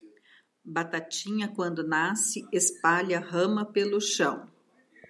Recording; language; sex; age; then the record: short text; Brazilian Portuguese; female; 50 to 59 years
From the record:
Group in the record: control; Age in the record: 50 years